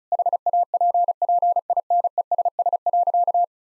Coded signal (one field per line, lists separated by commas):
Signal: Morse code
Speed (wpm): 34 wpm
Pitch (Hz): 700 Hz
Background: none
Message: HAPPINESS.